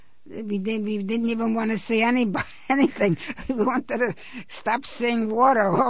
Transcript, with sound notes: we did, we didn't even want to see anybo-- anything. (she laughs) We wanted to stop seeing water.